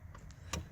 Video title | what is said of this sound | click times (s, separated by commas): How to Install a Rear Facing Car Seat | put it under like this and you can hear it click | 0.5 s